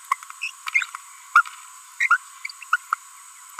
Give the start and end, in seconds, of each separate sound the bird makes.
0.42-0.50, 1.35-1.42, 2.00-2.17, 2.73-2.76, 2.93-2.94